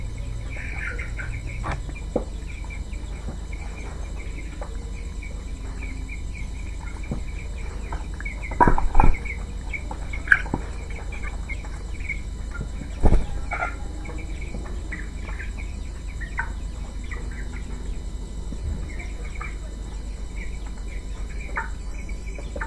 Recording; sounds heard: poultry house recording; healthy chickens